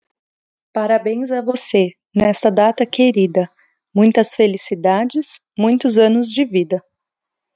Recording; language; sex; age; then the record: short text; Brazilian Portuguese; female; 30 to 39 years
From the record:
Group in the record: control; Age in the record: 34 years